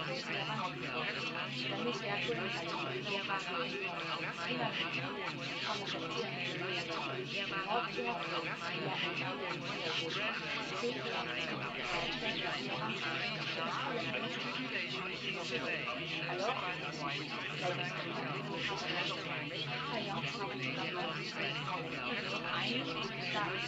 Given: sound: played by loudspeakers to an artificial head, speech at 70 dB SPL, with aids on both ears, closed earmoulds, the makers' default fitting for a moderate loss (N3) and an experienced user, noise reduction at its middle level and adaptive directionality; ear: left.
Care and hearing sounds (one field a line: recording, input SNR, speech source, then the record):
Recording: speech test signal (ISTS) in cocktail-party noise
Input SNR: -6 dB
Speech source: on the right (90 degrees)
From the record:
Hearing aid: class 1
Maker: F